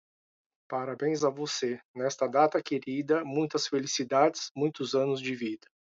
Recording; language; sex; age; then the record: short text; Brazilian Portuguese; male; 40 to 49 years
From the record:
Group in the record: control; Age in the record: 46 years